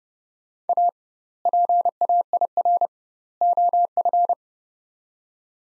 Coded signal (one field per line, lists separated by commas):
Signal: Morse code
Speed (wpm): 30 wpm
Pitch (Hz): 700 Hz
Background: none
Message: A PAIR OF